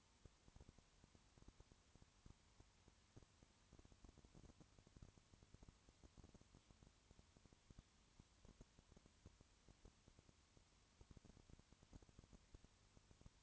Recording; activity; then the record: daily activity, microphone in the room; no activity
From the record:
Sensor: 3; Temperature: 20.5 degrees Celsius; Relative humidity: 34.6%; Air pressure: 1001.0 hPa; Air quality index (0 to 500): 195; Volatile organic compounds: 6 ppm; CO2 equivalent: 1855 ppm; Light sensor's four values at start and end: 2/3/2/2 and 2/3/2/2